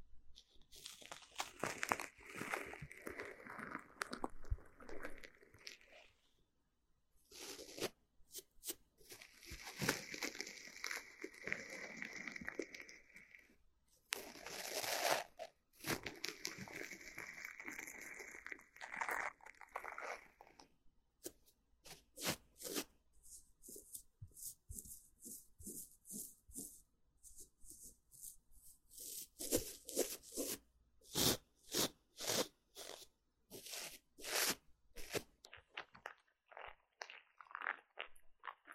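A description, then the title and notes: Ear cleaning: dense scratchy rustling and crunching fills the first twenty seconds, with bright scraping bursts and brief pauses. Later it thins into sparse, sharp clicks and taps, coming in quick clusters, with near silence between them. Ear Cleaning.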